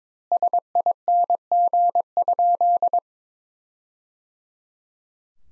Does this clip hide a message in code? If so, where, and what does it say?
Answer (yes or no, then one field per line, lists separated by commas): yes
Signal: Morse code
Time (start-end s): 0.3-3.0 s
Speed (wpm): 23 wpm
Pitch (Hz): 700 Hz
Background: none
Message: SING?